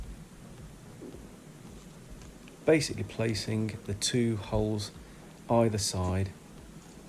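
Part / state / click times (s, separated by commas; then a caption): chain master link joining the two ends of a bicycle chain / not seated / none. The two halves of a steel master (power) link on a SRAM 1x11 bicycle chain are hooked in and lined up so their holes sit either side of the pins, ready for the chain to be pulled to lock it. Someone talks from about 2.7 s over a quiet background, with only a faint short tick near 2.5 s. The link has not been pulled to lock, and nothing has seated or clicked yet.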